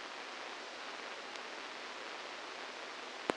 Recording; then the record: brain microelectrode recording played as sound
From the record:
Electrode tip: inside the subthalamic nucleus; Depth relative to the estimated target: -1 mm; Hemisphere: left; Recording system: NeuroSet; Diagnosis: Parkinson's disease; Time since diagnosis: 10 years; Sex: male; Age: 63 years